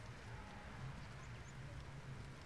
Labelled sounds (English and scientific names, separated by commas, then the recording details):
Common Chaffinch (Fringilla coelebs)
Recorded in Germany
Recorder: ecoPi